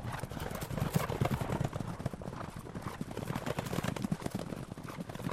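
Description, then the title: Horse hooves clopping in quick, irregular knocks, soft and muffled over a low background rumble. Gentle hoof sounds and soft sounds of contented horses. "Beyond Words: The Healing Power of Horse Sounds for Relaxation and Stress Relief"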